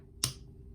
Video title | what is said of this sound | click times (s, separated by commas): Welcome to Art Kindergarten! | hear that snap okay so once my check mark is red i snap my cap | 0.2 s